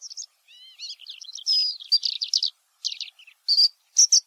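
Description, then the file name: Oriental skylark song: quick high chirping phrases, a few clear whistled notes and buzzy trills, closely strung together in a lively run. "alauda gulgula"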